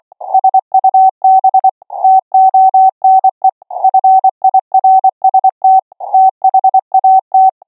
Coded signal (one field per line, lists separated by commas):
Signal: Morse code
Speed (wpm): 24 wpm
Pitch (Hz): 760 Hz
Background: none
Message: SUB TONE FIRST THAT